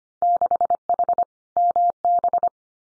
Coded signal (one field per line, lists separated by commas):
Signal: Morse code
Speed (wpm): 25 wpm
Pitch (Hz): 700 Hz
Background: none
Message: 6H MB